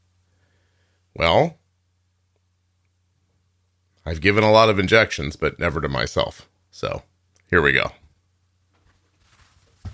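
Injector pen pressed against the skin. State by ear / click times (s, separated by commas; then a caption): not seated / none. A plastic auto-injector pen is held against the skin for a first self-injection. Someone talks in short bursts with quiet gaps between them, and faint sounds follow near the end. The pen has not clicked or seated yet.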